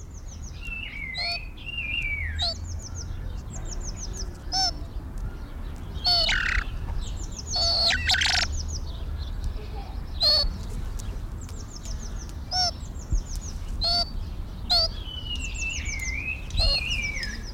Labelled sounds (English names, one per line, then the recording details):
Blood Pheasant
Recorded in captivity
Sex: male
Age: adult
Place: Tierpark Berlin, Berlin, DE
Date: 1994-04-08 11:53
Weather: sonnig, 5°C
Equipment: Marantz CP 430, Sennheiser ME 80, Kopie Uher Variocord 263
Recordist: Tembrock, Günter